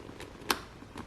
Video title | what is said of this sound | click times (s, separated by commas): How to Install the Cardo Edge on your Helmet ( Full Install ) | that was the click right there yeah pretty sturdy | 0.5 s